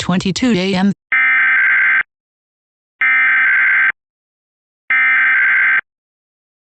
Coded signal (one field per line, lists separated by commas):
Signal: Emergency Alert System (SAME) tones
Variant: header bursts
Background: speech